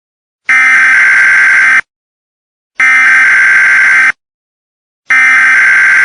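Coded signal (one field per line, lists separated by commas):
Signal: Emergency Alert System (SAME) tones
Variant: header bursts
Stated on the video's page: Valid EAS tones used in a fictional permanent solar eclipse scenario.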